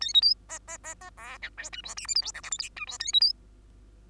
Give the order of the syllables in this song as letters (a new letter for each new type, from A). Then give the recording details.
A B C D D D D E F G H I J K L M N O P Q H I A B C. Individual Bird2